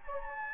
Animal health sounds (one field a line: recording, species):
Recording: mosquito wingbeat signal from an infrared sensor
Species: Anopheles gambiae